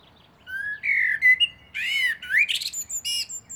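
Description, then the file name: Common blackbird singing one continuous run of sliding fluted whistles. It grows into high, scratchy twittering notes. "Turdus merula"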